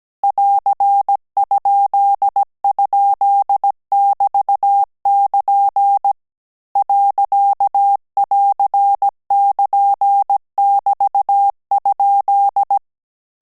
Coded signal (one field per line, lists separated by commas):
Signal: Morse code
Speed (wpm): 17 wpm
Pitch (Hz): 800 Hz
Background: none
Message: <AR>??<BT><KN> .<AR><KN><BT>?